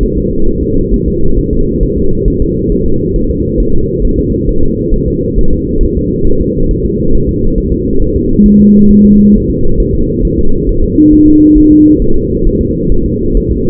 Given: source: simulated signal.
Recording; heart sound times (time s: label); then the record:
fetal heart sounds
0.03 s: S1
0.18 s: S2
0.48 s: S1
0.63 s: S2
0.94 s: S1
1.08 s: S2
1.39 s: S1
1.53 s: S2
1.83 s: S1
1.98 s: S2
2.28 s: S1
2.42 s: S2
2.72 s: S1
2.86 s: S2
3.16 s: S1
3.30 s: S2
3.60 s: S1
3.75 s: S2
4.05 s: S1
4.19 s: S2
4.49 s: S1
4.63 s: S2
4.94 s: S1
5.08 s: S2
5.38 s: S1
5.53 s: S2
5.83 s: S1
5.97 s: S2
6.27 s: S1
6.41 s: S2
6.71 s: S1
6.85 s: S2
7.15 s: S1
7.29 s: S2
7.58 s: S1
7.72 s: S2
8.02 s: S1
8.16 s: S2
8.46 s: S1
8.60 s: S2
8.91 s: S1
9.05 s: S2
9.35 s: S1
9.50 s: S2
9.80 s: S1
9.94 s: S2
10.25 s: S1
10.39 s: S2
10.69 s: S1
10.84 s: S2
11.13 s: S1
11.28 s: S2
11.58 s: S1
11.72 s: S2
12.02 s: S1
12.16 s: S2
12.47 s: S1
12.61 s: S2
12.92 s: S1
13.06 s: S2
13.37 s: S1
13.52 s: S2
From the record:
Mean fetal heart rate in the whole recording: 135 bpm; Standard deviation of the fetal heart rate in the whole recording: 3 bpm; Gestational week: 36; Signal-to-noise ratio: -19.1 dB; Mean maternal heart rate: 72 bpm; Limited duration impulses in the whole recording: present